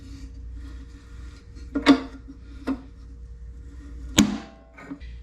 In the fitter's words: and you'll hear it click once she's passed through there